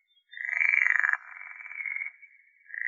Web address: Pool Frog